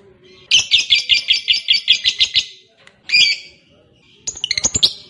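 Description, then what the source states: Lovebird calls: a rapid series of harsh, squeaky chirps, a brief rasping note and a final quick twittering burst, separated by short pauses. Fighter-type lovebird singing energetically (gacor).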